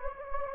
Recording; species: mosquito wingbeat signal from an infrared sensor; Anopheles gambiae